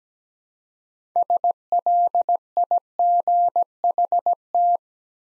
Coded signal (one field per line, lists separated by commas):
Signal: Morse code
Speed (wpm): 17 wpm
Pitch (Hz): 700 Hz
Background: none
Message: SLIGHT